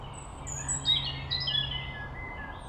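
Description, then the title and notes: European robin giving a brief high, silvery warble with a few quick sliding notes over faint background rumble. Robin singing in the foreground beside a woodland path on the slopes of Mont Revard, Pugny-Chatenod, Savoie, France; constant motorway traffic noise from a few kilometres away. "Les Corbières, Pugny-Chatenod, Savoie, Auvergne-Rhône-Alpes, France métropolitaine, 73100, France - rouge_gorge. Au bord du chemin dans les bois , le chant d'un rouge-gorge au premier plan"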